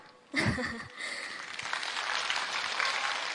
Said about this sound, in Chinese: 谢谢大家的掌声啊